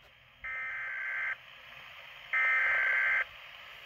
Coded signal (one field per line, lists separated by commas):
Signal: Emergency Alert System (SAME) tones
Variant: header bursts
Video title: (EAS #94) Severe Thunderstorm Warning 6/20/2020